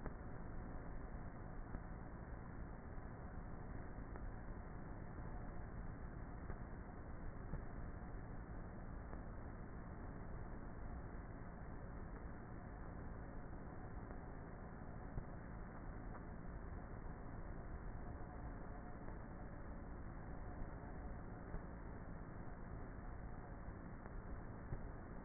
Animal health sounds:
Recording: honeybee colony, microphone inside the hive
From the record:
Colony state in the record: queenless with a low population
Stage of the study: before two queens were removed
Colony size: about 30,000 bees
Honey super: no

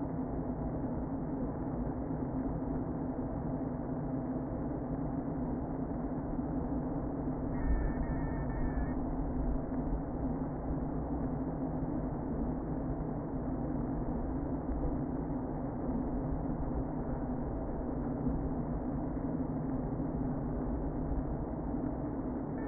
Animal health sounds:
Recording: honeybee colony, microphone inside the hive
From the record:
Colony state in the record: queen present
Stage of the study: before two queens were removed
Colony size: about 60,000 bees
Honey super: yes

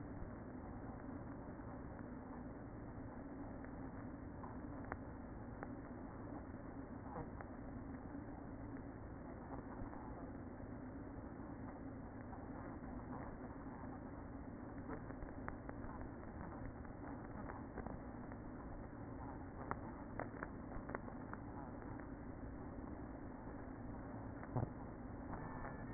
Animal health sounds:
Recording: honeybee colony, microphone inside the hive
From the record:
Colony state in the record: queen present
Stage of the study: after two queens were removed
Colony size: about 60,000 bees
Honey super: yes

